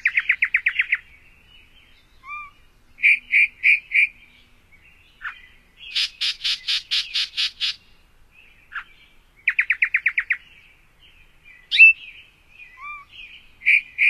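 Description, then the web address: Yellow-breasted chat singing a jumbled series of separate phrases: fast rattling bursts, short stacked notes, buzzy trills and single whistles, broken by brief pauses. "Songs of Birds of North America Stokes. Yellow-breasted Chat"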